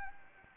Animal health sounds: mosquito wingbeat signal from an infrared sensor; Anopheles arabiensis

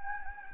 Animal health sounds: mosquito wingbeat signal from an infrared sensor; Anopheles gambiae

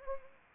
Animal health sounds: mosquito wingbeat signal from an infrared sensor; Anopheles arabiensis

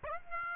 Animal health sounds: mosquito wingbeat signal from an infrared sensor; Aedes aegypti

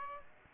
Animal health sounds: mosquito wingbeat signal from an infrared sensor; Aedes aegypti

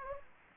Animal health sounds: mosquito wingbeat signal from an infrared sensor; Anopheles gambiae

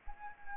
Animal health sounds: mosquito wingbeat signal from an infrared sensor; Anopheles arabiensis

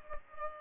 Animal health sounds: mosquito wingbeat signal from an infrared sensor; Culex pipiens

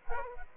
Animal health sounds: mosquito wingbeat signal from an infrared sensor; Aedes aegypti

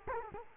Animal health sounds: mosquito wingbeat signal from an infrared sensor; Culex quinquefasciatus

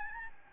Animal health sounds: mosquito wingbeat signal from an infrared sensor; Aedes albopictus

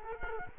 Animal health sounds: mosquito wingbeat signal from an infrared sensor; Culex quinquefasciatus

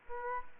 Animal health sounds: mosquito wingbeat signal from an infrared sensor; Aedes aegypti

